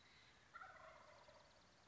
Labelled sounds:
Wild Turkey (Meleagris gallopavo)
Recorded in Sonoma County, California

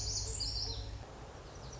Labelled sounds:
Lazuli Bunting (Passerina amoena)
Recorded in Sonoma County, California

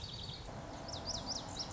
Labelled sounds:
Lazuli Bunting (Passerina amoena)
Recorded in Sonoma County, California

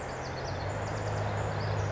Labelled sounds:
Pacific Wren (Troglodytes pacificus)
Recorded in Sonoma County, California

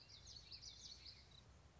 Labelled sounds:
Common Yellowthroat (Geothlypis trichas)
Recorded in Sonoma County, California

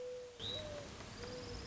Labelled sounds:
Mourning Dove (Zenaida macroura)
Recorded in Sonoma County, California

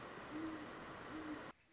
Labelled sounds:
Great Horned Owl (Bubo virginianus)
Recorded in Sonoma County, California

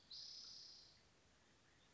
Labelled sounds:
Spotted Towhee (Pipilo maculatus)
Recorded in Sonoma County, California

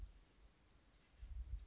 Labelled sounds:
Oak Titmouse (Baeolophus inornatus)
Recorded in Sonoma County, California

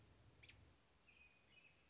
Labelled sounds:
American Robin (Turdus migratorius)
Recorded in Sonoma County, California

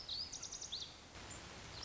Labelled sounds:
Lazuli Bunting (Passerina amoena)
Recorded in Sonoma County, California

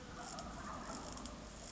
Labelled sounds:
Wild Turkey (Meleagris gallopavo)
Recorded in Sonoma County, California

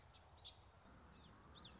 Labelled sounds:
Common Yellowthroat (Geothlypis trichas)
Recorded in Sonoma County, California

